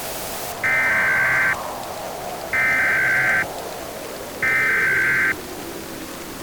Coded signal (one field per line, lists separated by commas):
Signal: Emergency Alert System (SAME) tones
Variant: header bursts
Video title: EAS Short - Flash Flooding